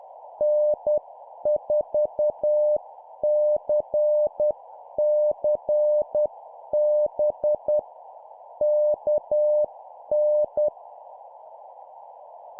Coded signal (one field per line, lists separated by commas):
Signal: Morse code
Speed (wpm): 10 wpm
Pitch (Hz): 600 Hz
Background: none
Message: N4CCB KN